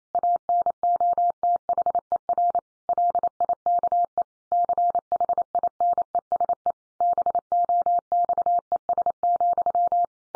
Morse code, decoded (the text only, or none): ANOTHER LIKE CHINESE BOXES,